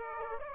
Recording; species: mosquito wingbeat signal from an infrared sensor; Aedes aegypti